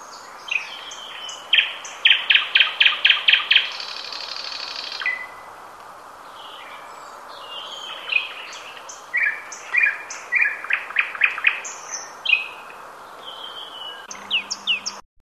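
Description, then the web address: Nightingale song: a burst of loud, fast-repeated notes and a buzzy note, a pause, then varied whistled and buzzy phrases with rapid series, and a brief low hum near the end. "ljud Luscinia"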